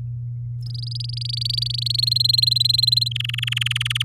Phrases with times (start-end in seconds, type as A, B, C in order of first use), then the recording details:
0.62-1.96 A, 1.98-3.08 B, 3.11-4.03 C. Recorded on 8 May 2018 at 10:10. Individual llb16